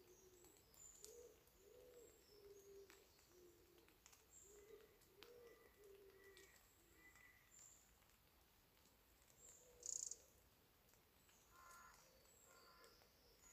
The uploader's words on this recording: After The Rain In Bishop Wood. The woods were warm and saturated. The dripping water was falling from the trees where I first paused to listen to the silence near to a group of Oaks.